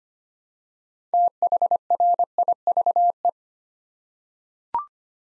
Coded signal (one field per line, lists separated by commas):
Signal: Morse code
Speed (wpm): 25 wpm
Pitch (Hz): 700 Hz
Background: none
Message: THRIVE